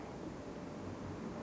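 While an electric mobility scooter is being folded, its handlebar stem is lowered behind toward the fold-down catch. Only steady, even broadband noise is heard for 1.5 seconds, with no distinct impacts. The stem is being handled but has not gone home; nothing has seated or clicked yet.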